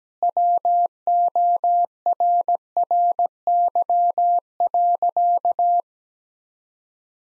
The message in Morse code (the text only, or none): WORRY.